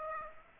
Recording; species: mosquito wingbeat signal from an infrared sensor; Aedes aegypti